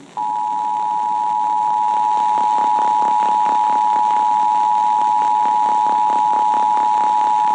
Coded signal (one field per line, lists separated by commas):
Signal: Emergency Alert System (SAME) tones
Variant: 853 and 960 Hz attention tone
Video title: NEVER Trust Summer... | EAS #559-567 (Severe Weather Alerts from 6/4/2024)